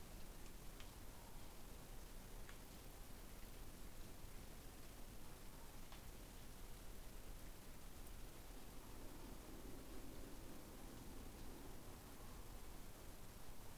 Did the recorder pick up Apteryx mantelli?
no